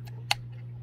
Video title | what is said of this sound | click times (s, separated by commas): DollhouseFish Tank Kit (Part 1) | and it just locks in place | 0.3 s